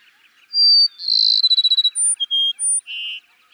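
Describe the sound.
Cassin's sparrow song: a steady high whistle, a buzzy trill breaking into rapid pulses, then brief clear notes jumping up and down in pitch.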